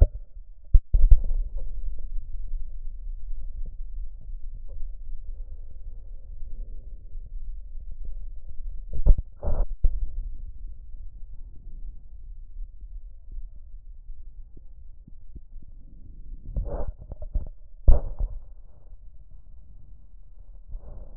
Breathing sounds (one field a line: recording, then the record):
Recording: lung sounds by stethoscope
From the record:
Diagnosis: chronic bronchitis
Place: left posterior upper chest